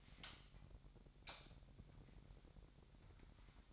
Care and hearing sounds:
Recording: daily activity, microphone in the room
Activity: light on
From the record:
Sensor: 3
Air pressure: 1011.9 hPa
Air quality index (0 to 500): 231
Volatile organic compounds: 5 ppm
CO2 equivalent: 1719 ppm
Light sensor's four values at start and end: 15/35/15/15 and 17/43/18/18

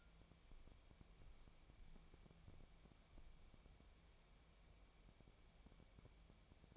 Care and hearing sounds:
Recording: daily activity, microphone in the room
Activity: wipe stove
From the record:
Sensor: 1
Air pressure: 1000.5 hPa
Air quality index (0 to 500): 185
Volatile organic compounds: 5 ppm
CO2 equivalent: 1705 ppm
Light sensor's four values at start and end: 12/29/12/14 and 12/29/12/14

